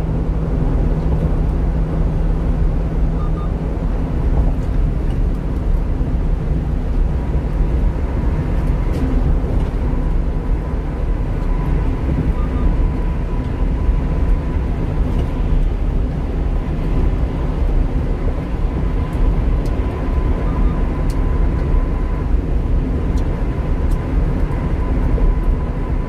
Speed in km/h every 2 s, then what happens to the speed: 100, 102, 104, 106, 108, 107, 108, 109, 110, 110, 109, 109, 109.
0-8 speeds up to 108. 8-26 steady at about 109.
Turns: none.